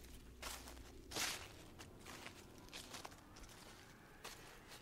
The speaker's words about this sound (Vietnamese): Bước chân của Thuận càng lúc càng nặng nề. Mơ hồ có tiếng sột soạt đằng sau lưng vang lên.